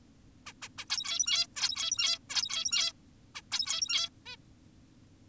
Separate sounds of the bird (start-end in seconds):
0.46-0.53, 0.62-0.69, 0.78-0.86, 0.90-1.47, 1.56-2.19, 2.30-2.93, 3.35-3.42, 3.52-4.10, 4.26-4.36